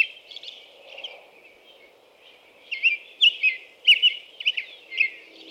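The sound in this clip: American robin song: after a quiet start, a run of short, clear whistled phrases in the second half.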